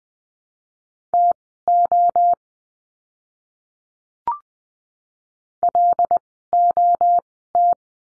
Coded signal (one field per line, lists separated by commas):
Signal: Morse code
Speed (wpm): 20 wpm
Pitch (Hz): 700 Hz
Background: none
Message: TO LOT